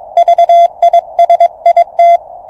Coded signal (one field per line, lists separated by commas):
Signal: Morse code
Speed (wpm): 22 wpm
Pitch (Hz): 690 Hz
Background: none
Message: VISIT